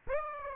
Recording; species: mosquito wingbeat signal from an infrared sensor; Aedes aegypti